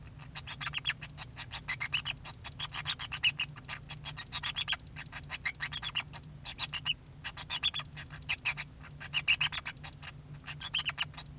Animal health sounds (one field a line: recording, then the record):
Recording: song of a male Bengalese finch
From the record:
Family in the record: son of father 2